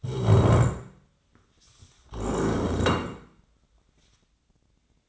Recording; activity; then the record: daily activity, microphone in the room; stand up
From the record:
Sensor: 3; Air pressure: 1012.3 hPa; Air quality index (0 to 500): 172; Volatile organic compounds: 2 ppm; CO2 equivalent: 1316 ppm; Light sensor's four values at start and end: 63/157/70/75 and 105/225/115/127